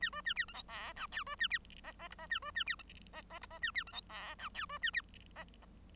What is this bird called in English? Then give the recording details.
Bengalese Finch. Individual Bird1